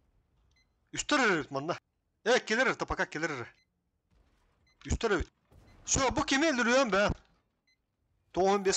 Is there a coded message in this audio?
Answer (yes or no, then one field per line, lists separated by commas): no